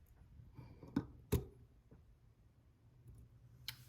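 A metal snap ring is pressed with snap ring pliers over the sprocket into its groove on a motorcycle cush hub for an Icebear Champion 125cc (CT70 clone). Metallic clicks and scrapes are heard, with a sharp click at 3.7 s. The ring is starting to seat but is only partly seated, not all the way home.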